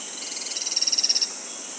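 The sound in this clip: Grey-and-buff woodpecker giving a rapid, high-pitched trill of closely spaced pulses lasting about a second, over a steady high hiss.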